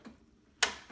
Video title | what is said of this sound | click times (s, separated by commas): Cardiostrong EX90 Plus Crosstrainer Review | all I have to do is twist it across until it clicks and then that loosens off the pedals | 0.6 s